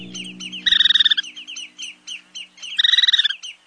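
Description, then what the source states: Least Sandpiper calls: two rapid, rolling high trills about two seconds apart, with scattered shorter chirps between them and a faint low hum underneath that stops before the second trill. Tiniest sandpiper, weighing about one ounce; each spring migrates up to 2,500 miles between the Arctic and South America.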